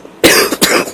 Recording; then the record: coughing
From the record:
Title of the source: 31 night wet cough